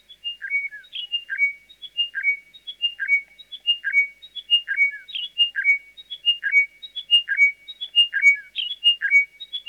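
Chiming wedgebill song: a descending series of clear, bell-like whistled notes repeated in a steady cycle about every second, with no other sounds.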